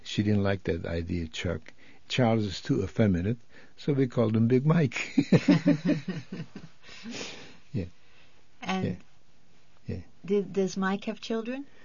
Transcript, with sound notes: She didn't like that idea, Chuck. Charles was too effeminate, so they called him Big Mike. ( he laughs )
And did, does Mike have children?